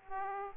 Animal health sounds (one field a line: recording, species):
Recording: mosquito wingbeat signal from an infrared sensor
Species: Aedes aegypti